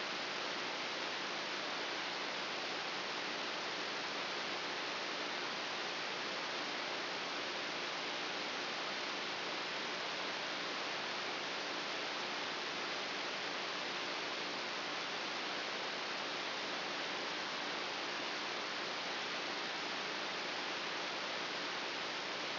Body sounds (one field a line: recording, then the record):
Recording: brain microelectrode recording played as sound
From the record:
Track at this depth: inside the subthalamic nucleus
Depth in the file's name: 3.002 mm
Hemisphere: right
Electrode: 3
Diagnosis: Parkinson's disease